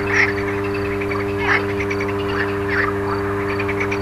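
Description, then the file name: Frogs giving scattered rasping croaks, a few louder bursts standing out, against a continuous low mechanical hum. Frogs recorded alongside a humming electrical transformer. "grenouilles et transformateur"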